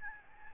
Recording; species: mosquito wingbeat signal from an infrared sensor; Aedes albopictus